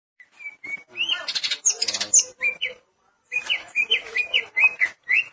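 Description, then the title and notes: Greater green leafbird song of short whistles, then a dense burst of harsh chatter, a brief silence, and a string of quick bright whistled notes. Chirping song. "Suara Kicauan Burung Cucak Ijo"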